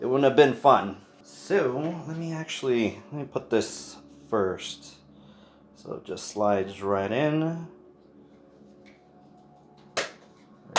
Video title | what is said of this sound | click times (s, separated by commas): KIWI design Comfort Head Strap Unboxing + Install | we go so two clicks there it is and | 10.8 s